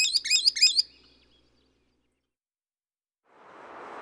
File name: solitary sandpiper